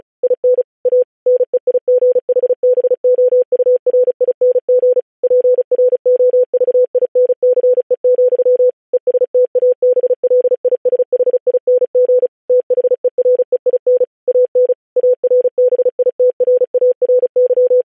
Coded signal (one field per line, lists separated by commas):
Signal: Morse code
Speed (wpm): 36 wpm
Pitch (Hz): 500 Hz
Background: none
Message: IN A NEIGHBOURING PROVINCE, ESTABLISHING THEREIN AN ARBITRARY